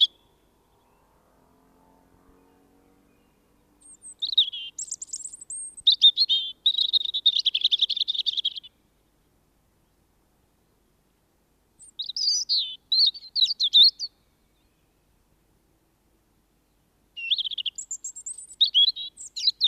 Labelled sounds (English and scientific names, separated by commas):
European Robin (Erithacus rubecula) song